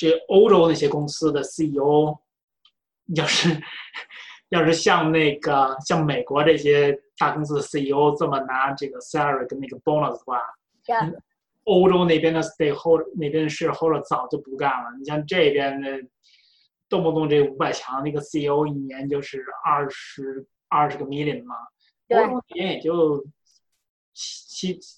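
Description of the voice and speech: An adult man speaks conversational Mandarin mixed with English words, with whole-word and sound repetitions such as 'ch- chi- chi', typical of stuttering. He was born in Beijing, moved to the US at 17 and lives in Chicago. A few rounds of treatment in the Beijing suburbs brought no improvement.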